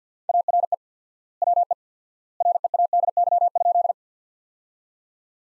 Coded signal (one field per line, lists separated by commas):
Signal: Morse code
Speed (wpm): 50 wpm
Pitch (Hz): 700 Hz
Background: none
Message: ARE WE READY?